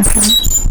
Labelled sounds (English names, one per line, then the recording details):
Stitchbird song
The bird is a male
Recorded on Tiritiri Matangi Island, New Zealand, in 2005
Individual 1, of nest box 1